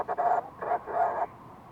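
Fulmar prion calls: a few quick, nasal, gargling bursts, the last drawn out a little longer.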